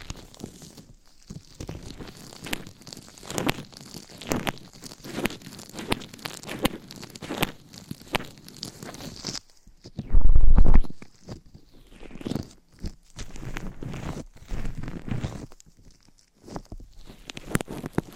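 Scratching and brushing against a microphone, made of dense, uneven bursts of rough, crackling noise that come every fraction of a second. Around the ten-second mark a brief, much louder thump with a deep low rumble interrupts the pattern, then the brushing resumes.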